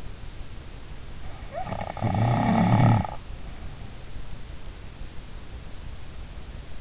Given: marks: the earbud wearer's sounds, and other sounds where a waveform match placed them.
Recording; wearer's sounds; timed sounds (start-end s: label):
sounds in sleep by an in-ear microphone; snoring breath
1.44-3.89 s: snoring breath